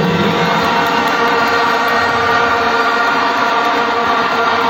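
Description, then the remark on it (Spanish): A large crowd at a Leonidas Iza speech in Ecuador applauds loudly and steadily for the Ecuadorian coast, a dense roar of many hands clapping with cheering mixed in, holding at an even level throughout with no one speaking. “Y demos un fuerte aplauso a la costa ecuatoriana, compañeras y compañeros.”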